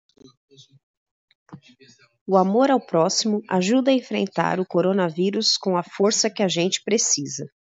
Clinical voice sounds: spoken sentence; Brazilian Portuguese; female; 30 to 39 years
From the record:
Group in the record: control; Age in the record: 35 years

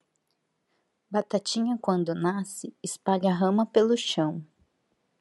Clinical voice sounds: short text; Brazilian Portuguese; female; 20 to 29 years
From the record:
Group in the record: control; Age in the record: 29 years

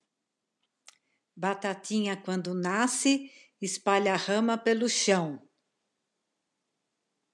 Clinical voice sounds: short text; Brazilian Portuguese; female; 60 to 69 years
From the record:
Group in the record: control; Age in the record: 68 years

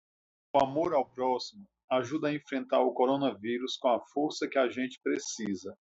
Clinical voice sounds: spoken sentence; Brazilian Portuguese; male; 40 to 49 years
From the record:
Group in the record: control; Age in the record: 40 years

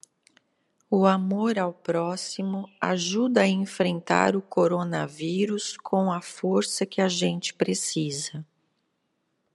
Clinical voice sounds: spoken sentence; Brazilian Portuguese; female; 50 to 59 years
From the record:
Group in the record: control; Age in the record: 53 years

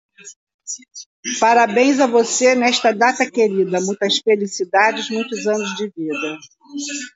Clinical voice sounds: short text; Brazilian Portuguese; female; 60 to 69 years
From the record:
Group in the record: control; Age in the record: 60 years

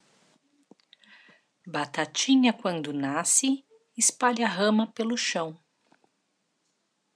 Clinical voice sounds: short text; Brazilian Portuguese; female; 40 to 49 years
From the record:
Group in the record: control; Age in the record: 43 years

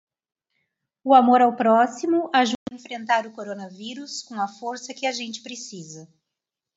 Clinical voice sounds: spoken sentence; Brazilian Portuguese; female; 50 to 59 years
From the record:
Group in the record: control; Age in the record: 52 years

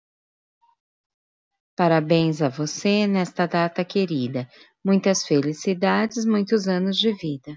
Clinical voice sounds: short text; Brazilian Portuguese; female; 40 to 49 years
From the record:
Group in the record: control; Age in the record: 49 years

